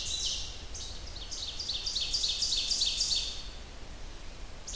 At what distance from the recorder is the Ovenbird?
about 35 m